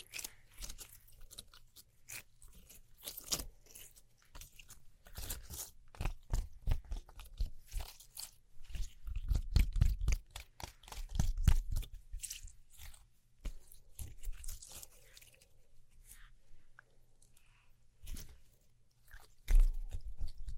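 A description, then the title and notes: Crackling and snapping from glow sticks, slime, sticky tape and scissors, a dense run of sharp crunchy clicks and pops arriving irregularly throughout. Low soft thuds bunch up around the middle, and a louder burst comes near the end. ASMR Neon Triggers（no Talking）. Glow Sticks, Slime, Sticky Tape, Scissors.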